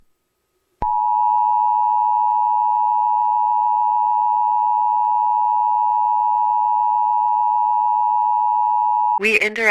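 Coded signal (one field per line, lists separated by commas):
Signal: Emergency Alert System (SAME) tones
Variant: 853 and 960 Hz attention tone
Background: speech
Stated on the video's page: Fictional EAS scenario based on SCP-354.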